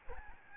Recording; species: mosquito wingbeat signal from an infrared sensor; Aedes albopictus